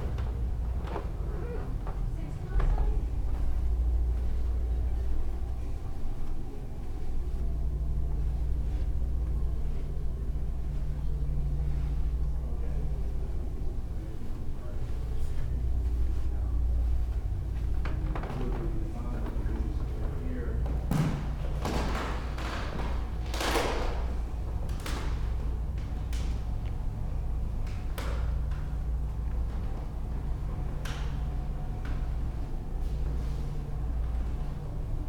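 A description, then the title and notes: Floorboards creak and knock in an indoor space over a constant low ventilation hum with a steady drone beneath it. Scattered creaks and small thumps come every few seconds, then a denser run of sharp cracks and creaks gathers around the twenty-second mark before thinning again. Old Gallery Soundwalk.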